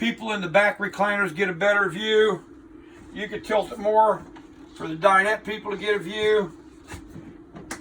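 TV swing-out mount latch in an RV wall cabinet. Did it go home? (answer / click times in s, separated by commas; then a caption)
no / none. Someone talks while handling the tilting, swing-out TV mount in a wall cabinet of a 28RL White Hawk camper; the TV has been pulled out and tilted for viewing, and a couple of short knocks sound near 7.7 and 7.8 s at the end. The mount's latch has not clicked home yet, so the TV is not seated in its stowed position.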